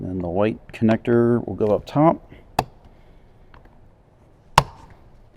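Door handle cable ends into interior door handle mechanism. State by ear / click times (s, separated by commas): seated / 2.6 s, 4.6 s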